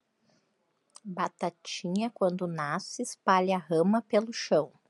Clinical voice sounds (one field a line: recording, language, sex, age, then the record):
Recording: short text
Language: Brazilian Portuguese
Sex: female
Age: 50 to 59 years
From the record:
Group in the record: control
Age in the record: 50 years